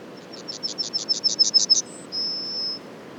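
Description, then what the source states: Yellowhammer song, one full phrase: a rapid series of quick notes rising in loudness, a short high note, then a long sustained level note at the end. Several Yellowhammers at Les Alisiers on 21 July 2020.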